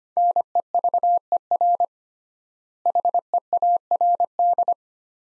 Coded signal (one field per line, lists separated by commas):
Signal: Morse code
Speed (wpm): 25 wpm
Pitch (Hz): 700 Hz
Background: none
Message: NEVER HEARD